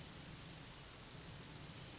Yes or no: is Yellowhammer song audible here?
no